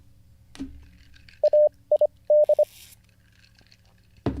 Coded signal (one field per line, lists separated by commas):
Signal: Morse code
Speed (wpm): 25 wpm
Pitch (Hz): 600 Hz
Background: radio noise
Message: AID